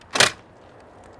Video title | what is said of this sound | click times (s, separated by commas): I BOUGHT MY DREAM CAR! LAND ROVER FREELANDER 2 OFF ROAD MTB CAMPER BUILD BEGINS! | just push it and it clicks into place | 0.2 s